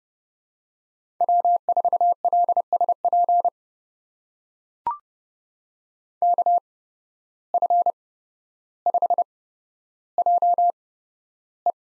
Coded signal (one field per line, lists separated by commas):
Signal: Morse code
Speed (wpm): 30 wpm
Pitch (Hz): 700 Hz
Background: none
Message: W4LSP KF5JE